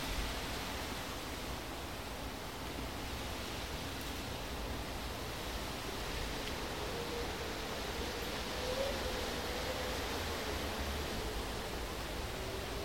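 Wind glides over the rocks of Mount Ngungun as a steady, dense rush that stays almost level for the whole stretch, heaviest in the low rumble. A faint, thin whistle rises briefly near the nine-second mark, and the texture otherwise barely changes.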